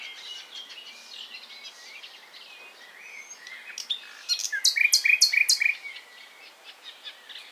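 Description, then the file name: Common nightingale song: a fast, loud series of sharp repeated notes rattling out for about a second and a half, amid soft background chirping. "Luscinia megarhynchos"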